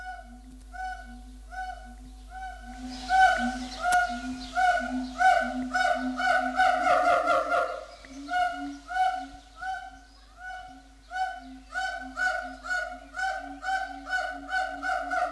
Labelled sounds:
Siamang (Symphalangus syndactylus)
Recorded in captivity
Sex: pair
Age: adult
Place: Zoo Berlin, Berlin, DE
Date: 2004-06-07 12:53
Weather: heiter, 23-25 °C
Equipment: Sony WM-D6C, Sennheiser ME 80, Kopie Uher 4000 Report Monitor
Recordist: Tembrock, Günter
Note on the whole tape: Altes Paar: Rufreihen

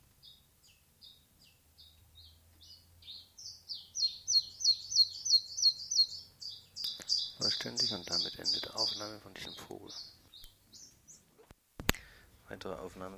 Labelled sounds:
Common Chiffchaff (Phylloscopus collybita) song
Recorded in captivity
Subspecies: collybita
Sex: male
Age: adult
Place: Zoologisches Institut Universität Tübingen, Baden-Württemberg, DE
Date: 1969-07-07
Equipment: Nagra III PH, MD 211, PES 26
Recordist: Schneider, Hans-Joachim

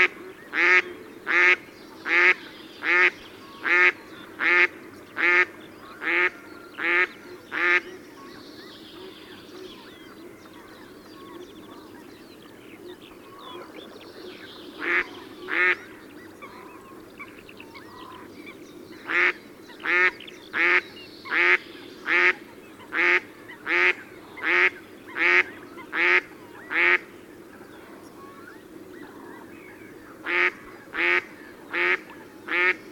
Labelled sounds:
Mallard (Anas platyrhynchos) call
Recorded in the wild
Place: Schwerin, Mecklenburg-Vorpommern, DE
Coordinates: 53.6, 11.435
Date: 1984-04-22
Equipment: Nagra III BH, Sennheiser MD 21, parabola
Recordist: Schubert, Michael
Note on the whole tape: Rufe Stockenten Männchen und Abflug eines Paares

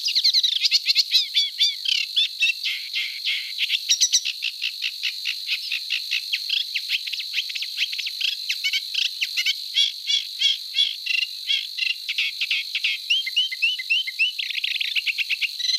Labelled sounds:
Eurasian Reed Warbler (Acrocephalus scirpaceus) song
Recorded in the wild
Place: NSG Kittlitzer Hofsee, Schleswig-Holstein, DE
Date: 1986-05-15
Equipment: Uher Report Monitor
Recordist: Schwarz, Dieter

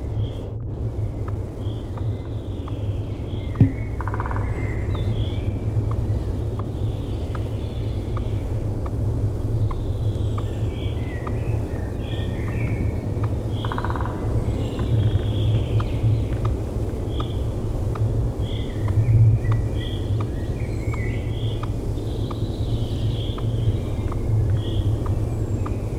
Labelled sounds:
Eurasian Red Squirrel (Sciurus vulgaris) call
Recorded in the wild
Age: adult
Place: Summt, am Buchenberg, Brandenburg, DE
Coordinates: 52.695, 13.3594
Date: 1976-05-08 18:37
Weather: windy
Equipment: Uher CR 210, Sennheiser MD 421 HL, Reflektor, Verstärker, Kopie Uher 4200
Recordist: Tembrock, Günter
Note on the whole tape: Zwei Tiere, sich jagend, eines dann sitzend, Lautreihe. Störgeräusche: Reflektor und Wind

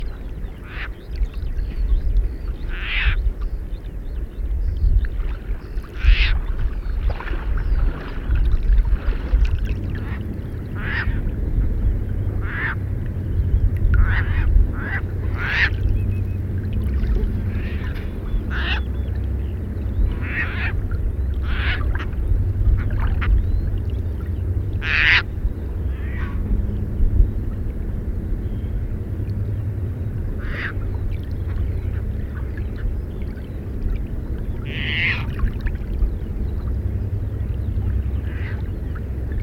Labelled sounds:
Caspian Tern (Hydroprogne caspia) call
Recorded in the wild
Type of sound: call
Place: Landow, Insel Rügen, Mecklenburg-Vorpommern, DE
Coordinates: 54.408, 13.265
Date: 1970-04-25
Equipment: Nagra III BH, Sennheiser MD 21, parabola
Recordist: Schubert, Michael
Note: Bei Landow: Rufe Raubseeschwalbe

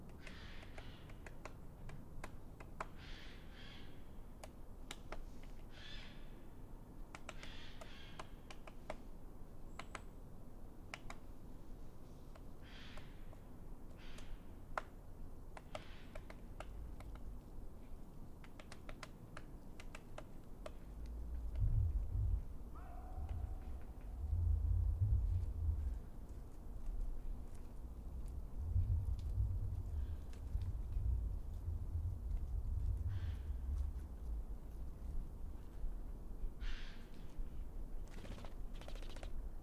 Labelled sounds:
Great Spotted Woodpecker (Dendrocopos major)
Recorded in the wild
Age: adult
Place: Bernau bei Berlin, Bernauer Forst, Brandenburg, DE
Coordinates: 52.6992, 13.5233
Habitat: wood
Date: 2006-12-10 13:35
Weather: wolkenlos, ca. 8°C, schwacher Wind
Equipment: Sound Devices 702, Sennheiser MKH 70, Popschutz
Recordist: Frommolt, Karl-Heinz

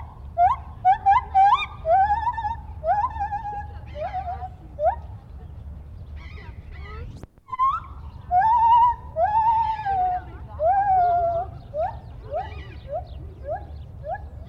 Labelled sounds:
Lar Gibbon (Hylobates lar)
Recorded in captivity
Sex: male
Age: adult
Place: Tierpark Berlin, Berlin, DE
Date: 1972-10-28
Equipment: Uher 4200 Report Stereo, Sennheiser MD 421
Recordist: Tembrock, Günter

